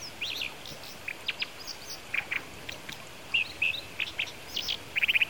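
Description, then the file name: Brown dipper giving sharp, high chirping calls in short bursts, some doubled or tripled, scattered irregularly throughout over a steady background hiss. Recorded in Kitami on 16 March 2009. "kawagarasu kitami hanada"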